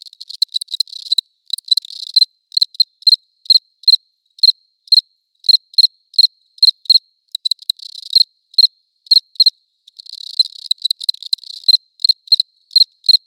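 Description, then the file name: Cricket chirping in a brisk, even rhythm of high clicks, broken by stretches of fast buzzing trills. Close recording, León. "Cricket close recording Leon"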